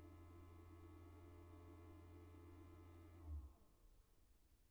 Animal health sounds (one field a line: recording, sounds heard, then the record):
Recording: poultry house recording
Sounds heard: no chicken sound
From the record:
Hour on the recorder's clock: 14